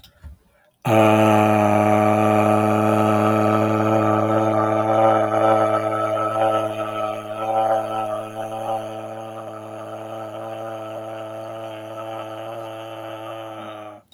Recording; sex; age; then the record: vowel held as long as possible; male; 30 to 39 years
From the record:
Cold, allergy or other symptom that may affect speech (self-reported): no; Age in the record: 37 years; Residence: Illinois, United States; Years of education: 16